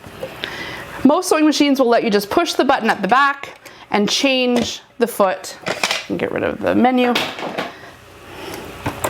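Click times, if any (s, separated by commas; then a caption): none. Someone talks while a zipper presser foot is fitted onto the metal shank (foot holder) of a sewing machine, after the release button at the back was pressed to drop the old foot. Short, sharp handling hits are heard near the end, around 7.6, 8.9 and 9.0 seconds. The foot has not snapped into place yet.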